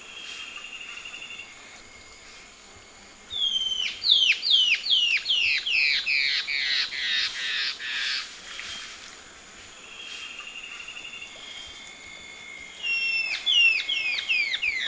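Bird call bouts: a level whistle, then a fast string of downward-sliding notes repeated over several seconds, a quiet gap with another whistle, then a fresh burst of slurred notes.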